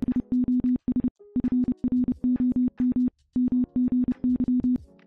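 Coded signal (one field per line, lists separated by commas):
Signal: Morse code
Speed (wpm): 29 wpm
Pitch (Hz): 250 Hz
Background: music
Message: IOS FROM MGY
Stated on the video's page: Present-day operator keying CW recreating the Titanic's 1912 distress calls and messages from its log.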